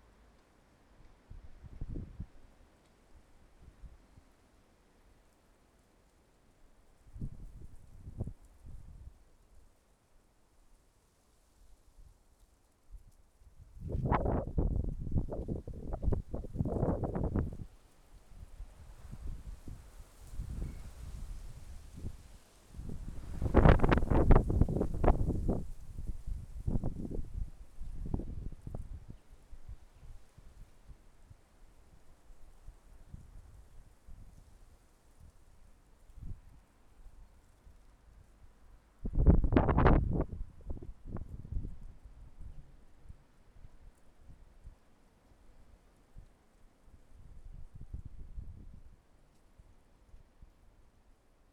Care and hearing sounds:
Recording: everyday scene through a hearing-aid microphone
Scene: wind on the microphone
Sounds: wind, traffic, birds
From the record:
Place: suburban garden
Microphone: behind the ear, left, rear

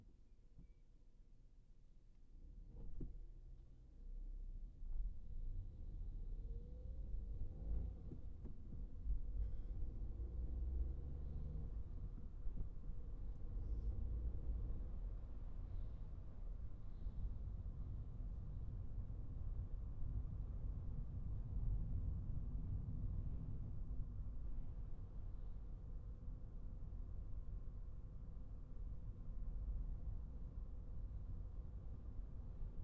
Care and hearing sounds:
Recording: everyday scene through a hearing-aid microphone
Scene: in a vehicle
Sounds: engine, highway traffic jam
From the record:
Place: Skoda Fabia, gasoline engine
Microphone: behind the ear, right, front

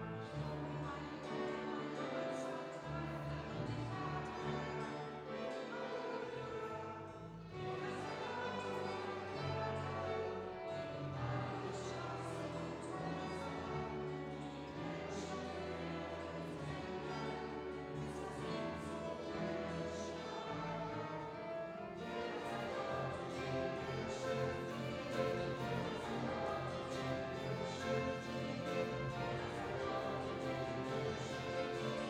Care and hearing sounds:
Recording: everyday scene through a hearing-aid microphone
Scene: reverberant space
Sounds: music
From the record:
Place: church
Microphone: in the ear canal, right

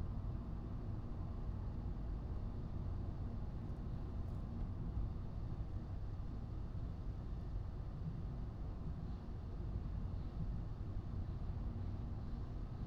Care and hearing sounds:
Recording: everyday scene through a hearing-aid microphone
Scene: in a vehicle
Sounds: engine, highway driving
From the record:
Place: Skoda Fabia, gasoline engine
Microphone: in the ear canal, right

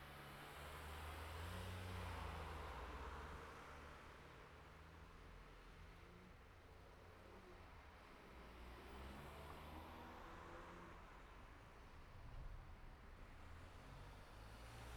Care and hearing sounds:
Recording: everyday scene through a hearing-aid microphone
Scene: in traffic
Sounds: traffic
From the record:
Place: city secondary road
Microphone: behind the ear, right, rear

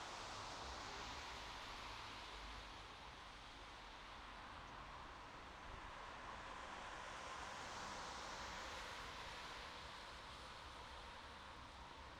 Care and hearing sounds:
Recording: everyday scene through a hearing-aid microphone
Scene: in traffic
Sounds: traffic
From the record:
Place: bus stop on a city main road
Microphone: in the ear canal, right

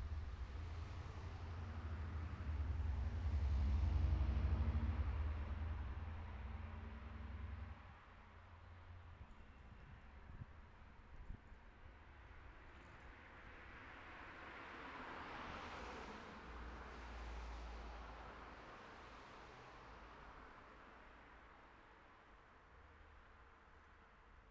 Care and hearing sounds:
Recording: everyday scene through a hearing-aid microphone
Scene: in traffic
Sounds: traffic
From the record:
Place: city secondary road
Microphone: behind the ear, right, rear

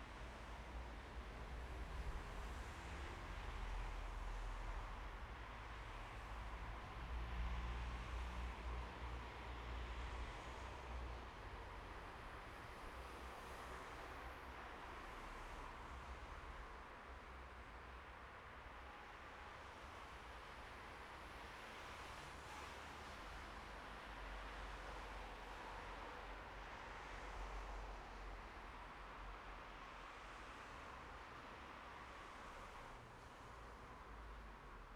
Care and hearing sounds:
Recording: everyday scene through a hearing-aid microphone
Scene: in traffic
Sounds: traffic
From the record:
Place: bus stop on a city main road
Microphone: behind the ear, right, rear

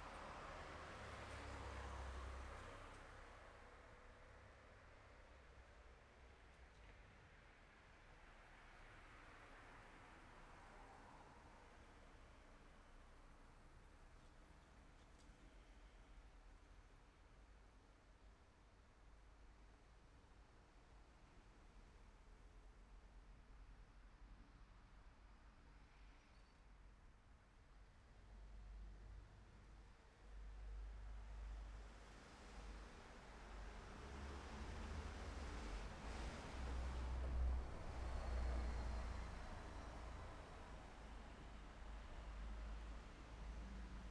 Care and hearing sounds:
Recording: everyday scene through a hearing-aid microphone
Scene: in traffic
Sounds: traffic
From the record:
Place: city secondary road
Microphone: behind the ear, left, front

